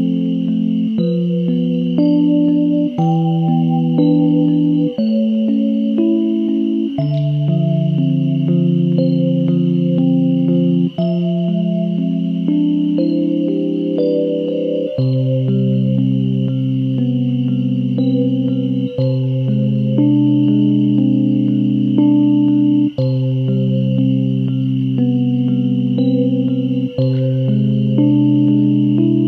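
An undersea fantasy piece of synthesized music: warm sustained chords shift roughly every four seconds, with a deeper bass entering around the midpoint. Quick, bright plucked notes ripple steadily over them, and a thin high tone holds unchanged throughout at an even level.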